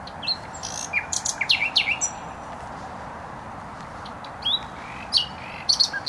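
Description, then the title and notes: Nightingale singing varied phrases of sharp chirps and quick rising notes separated by brief pauses, with a continuous rumble of traffic underneath. Singing in bushes close to a noisy motorway, Bródno-Podgrodzie, Warsaw, Poland; recorded on an Olympus LS-11. "Bródno-Podgrodzie, Warszawa, Polska - Trasa Toruńska Nightingale. Recording nightingale singing in bushes close to noisy motorway"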